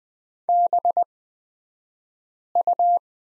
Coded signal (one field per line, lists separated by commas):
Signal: Morse code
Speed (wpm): 20 wpm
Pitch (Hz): 700 Hz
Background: none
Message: BU